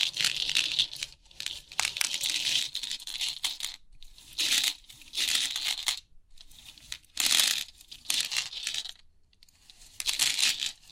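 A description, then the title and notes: Crisp 3D pin art tingles: a bright, dense clatter of many tiny pins shifting at once, coming in bursts of one to two seconds with short silent gaps between. The bursts are fairly regular, with a faint low rustle underneath. Crisp 3D Pin Art Tingles(No Talking).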